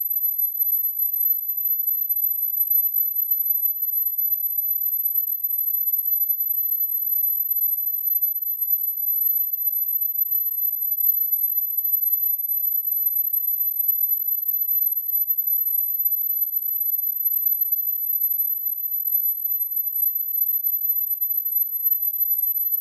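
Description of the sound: A single steady, very high-pitched tone rings without a break for about 23 seconds, very faint, with nothing else present. It is a looped simulation of tinnitus at reduced loudness, imitating the constant ringing a person with tinnitus hears.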